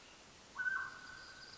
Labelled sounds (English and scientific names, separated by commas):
Mountain Quail (Oreortyx pictus)